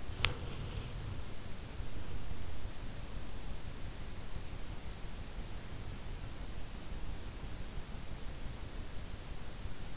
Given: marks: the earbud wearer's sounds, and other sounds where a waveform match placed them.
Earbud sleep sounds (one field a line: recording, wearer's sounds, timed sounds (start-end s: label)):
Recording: sounds in sleep by an in-ear microphone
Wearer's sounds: body movement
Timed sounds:
0.00-1.23 s: body movement